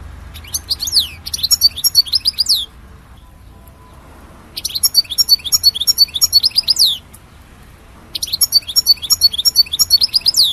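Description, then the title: European goldfinch song: three fast, tinkling phrases of rapid chirps and slurred notes, each about two to three seconds long, with short pauses between. "Chant Chardonneret"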